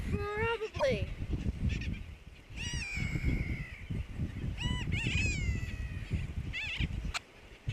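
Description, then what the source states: Brown booby calls: harmonic, drawn-out whistles and honks, some sliding down and some wavering, coming in bursts over a heavy low background roar. Recorded on Johnston Atoll.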